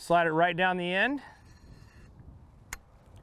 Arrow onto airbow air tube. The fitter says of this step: feel that little click that goes into the end of the once it gets all the way over the end of the uh the air tube